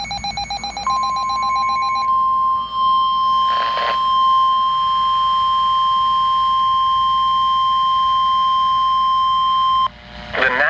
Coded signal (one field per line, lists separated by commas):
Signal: Emergency Alert System (SAME) tones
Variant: 1050 Hz attention tone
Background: speech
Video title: EAS Severe Thunderstorm Warning Anoka Hennipen and Wright County Minnesota NOAA Weather Radio KEC65